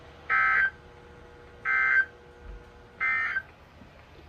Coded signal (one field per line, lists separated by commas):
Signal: Emergency Alert System (SAME) tones